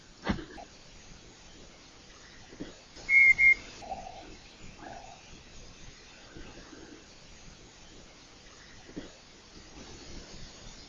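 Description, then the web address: Night parrot brief whistled double note, followed by a few lower muffled notes, over a quiet background with occasional taps. First recording of the species, made by John Young, February 2019. "201902 John Young-first-night-parrot-recording"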